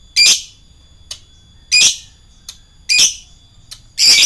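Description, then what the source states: Lovebird calls: loud, harsh, high-pitched shrieks repeated about every second, with faint short ticks between them. Lovebird chatter in the style known as ngekek.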